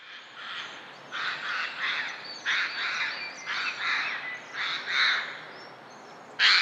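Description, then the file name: Eurasian jay uttering a run of raspy, scratchy screeches after a quiet start, with a sudden sharper, louder burst right at the end. "Garrulus glandarius"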